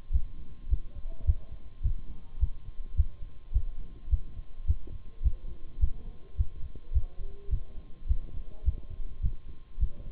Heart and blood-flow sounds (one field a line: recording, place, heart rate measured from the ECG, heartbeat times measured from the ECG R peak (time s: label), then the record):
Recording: heart sounds by stethoscope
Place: between the tricuspid and mitral areas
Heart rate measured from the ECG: 105 bpm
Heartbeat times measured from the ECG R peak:
0.13 s: heartbeat
0.70 s: heartbeat
1.26 s: heartbeat
1.83 s: heartbeat
2.40 s: heartbeat
2.97 s: heartbeat
3.53 s: heartbeat
4.11 s: heartbeat
4.67 s: heartbeat
5.24 s: heartbeat
5.81 s: heartbeat
6.37 s: heartbeat
6.94 s: heartbeat
7.51 s: heartbeat
8.08 s: heartbeat
8.65 s: heartbeat
9.22 s: heartbeat
9.80 s: heartbeat
From the record:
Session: Bruce protocol treadmill stress test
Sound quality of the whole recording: partially saturated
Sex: male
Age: 23 years